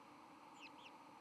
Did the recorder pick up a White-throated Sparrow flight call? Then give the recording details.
no. Another species' flight call is heard. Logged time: 08:59 on 31 October 2014